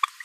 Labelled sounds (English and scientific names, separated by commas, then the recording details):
Green-rumped Parrotlet (Forpus passerinus) babbling
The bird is a male
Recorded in a nest box in Venezuela
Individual 17B42A3